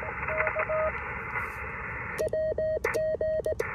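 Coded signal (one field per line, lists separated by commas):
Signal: Morse code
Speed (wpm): 19 wpm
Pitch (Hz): 630 Hz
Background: radio noise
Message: K WG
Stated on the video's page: CW Parks on the Air activation, QRP, likely on an SW-3B or SG-2020 keyed with a Vibroplex Brass Racer paddle.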